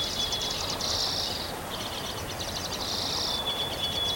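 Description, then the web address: Bird song as dense high chattering trills in bursts broken by brief pauses, over a continuous noisy background. Recorded on 3 May 2023. "gemlog starlog audio bird song 20230503"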